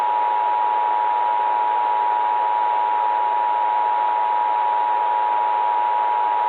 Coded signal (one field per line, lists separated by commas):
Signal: Emergency Alert System (SAME) tones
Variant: 853 and 960 Hz attention tone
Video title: EAS Scenario / Analog & Digital Horror - Day Zero